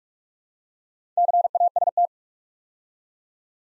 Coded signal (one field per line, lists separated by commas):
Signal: Morse code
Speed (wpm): 44 wpm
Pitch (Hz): 700 Hz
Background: none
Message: CAST